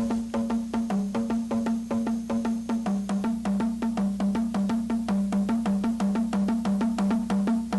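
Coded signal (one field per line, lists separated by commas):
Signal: drum signal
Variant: manguaré slit drums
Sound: fast steady run of hollow wooden drum strokes, about six per second, two close pitches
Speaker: anuncia todo lo que pase en la maloca o también llama a la gente es ausente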